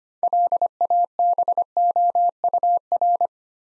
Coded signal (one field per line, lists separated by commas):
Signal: Morse code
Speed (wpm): 25 wpm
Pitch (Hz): 700 Hz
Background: none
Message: LABOUR